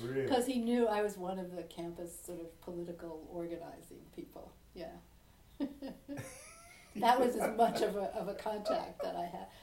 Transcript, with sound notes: Because he knew I was one of the campus sort of political organizing people. Yeah. (laughter) That was as much of a contact that I had.